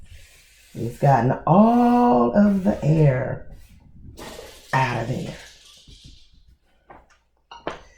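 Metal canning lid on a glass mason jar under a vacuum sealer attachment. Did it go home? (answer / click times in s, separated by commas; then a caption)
yes / 7.5 s. Someone talks while a vacuum sealer attachment on a glass mason jar finishes pulling the air out. After the pump stops, the metal canning lid settles down onto the glass rim with a small clunk at 7.5 s, and the lid is seated.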